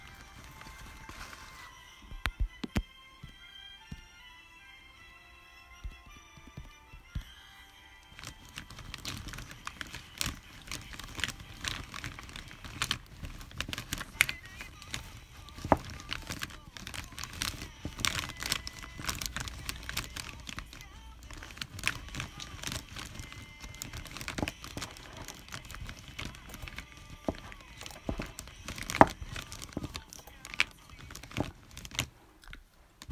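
Crunching, chewing and slurping sounds with dense, irregular clicks and smacks, busiest from about eight seconds on and continuing to the end. During the first eight seconds a quieter passage carries steady tones and voices from anime playing in the background.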